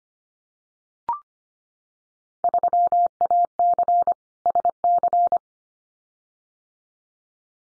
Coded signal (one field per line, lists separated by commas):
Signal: Morse code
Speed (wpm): 25 wpm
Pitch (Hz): 700 Hz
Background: none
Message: 3AC SC